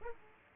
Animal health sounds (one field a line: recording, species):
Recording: mosquito wingbeat signal from an infrared sensor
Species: Aedes aegypti